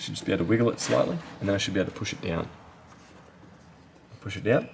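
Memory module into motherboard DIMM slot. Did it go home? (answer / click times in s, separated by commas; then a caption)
no / none. A memory module is wiggled slightly and aligned notch to key in a motherboard DIMM slot of a Lenovo Legion T5 28IMB05, ready to be pressed down. Someone talks throughout, with a quieter stretch from about 2.6 to 4.1 seconds. Nothing has seated or clicked yet.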